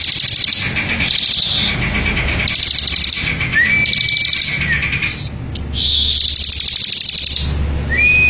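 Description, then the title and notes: Bar-winged prinia song: bursts of rapid buzzy rattling trills about a second long, repeated with short gaps, plus occasional clear rising whistled notes; low hum underneath. Ngebren song style, used as a tutor song for white-rumped shama. "Ciblek Ngebren Untuk Masteran Murai Batu. Suara Nada"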